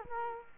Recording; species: mosquito wingbeat signal from an infrared sensor; Culex quinquefasciatus